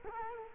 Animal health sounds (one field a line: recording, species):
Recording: mosquito wingbeat signal from an infrared sensor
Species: Culex quinquefasciatus